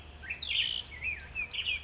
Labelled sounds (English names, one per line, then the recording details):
Black-headed Grosbeak
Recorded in Sonoma County, California